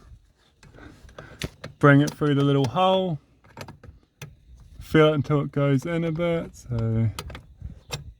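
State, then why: Seated. Someone talks while a replacement sensor switch for a Fiat 500's ESP and hill holder warning faults is pushed into its mounting hole in the bracket, with small tapping and handling noises along the way. A sharp hit at 7.4 s marks the switch going in and seating in the hole.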